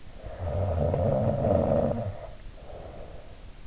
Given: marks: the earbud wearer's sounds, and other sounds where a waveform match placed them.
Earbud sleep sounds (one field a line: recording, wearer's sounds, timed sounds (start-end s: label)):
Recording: sounds in sleep by an in-ear microphone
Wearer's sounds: snoring breath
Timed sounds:
0.22-3.42 s: snoring breath